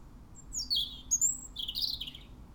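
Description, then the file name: European robin song: a thin descending whistle, a sharp high note, then a wavering, warbled phrase, all delivered quickly and high-pitched. "Erithacus rubecula"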